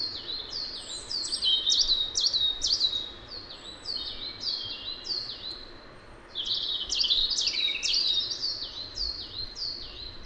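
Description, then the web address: Coal tit: thin, high, down-slurred notes in rapid runs, with a brief pause midway before the series resumes. Recorded in Valsolda. "cibra valsolda. Cincia mora"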